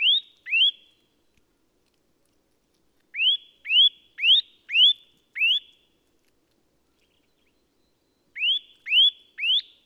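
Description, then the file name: Eurasian nuthatch giving loud rising whistled calls, each sweeping up then levelling off, in short bursts of two to five with pauses between; no other sounds. "Sitta europaea"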